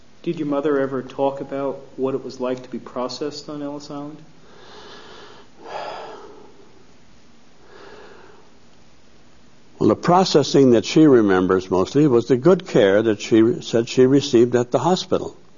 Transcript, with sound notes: Did your mother ever talk about what it was like to be processed on Ellis Island?
( he sighs ) The processing that she remembers mostly was the good care that she said she received at the hospital,